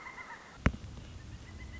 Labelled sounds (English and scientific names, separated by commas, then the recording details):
Pileated Woodpecker (Dryocopus pileatus)
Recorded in Sonoma County, California